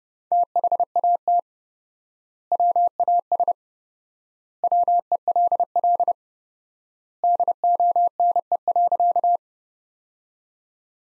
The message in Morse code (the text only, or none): THAT WAS WELL DONE.